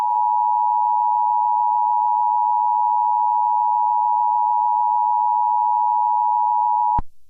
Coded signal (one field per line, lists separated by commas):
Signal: Emergency Alert System (SAME) tones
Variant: 853 and 960 Hz attention tone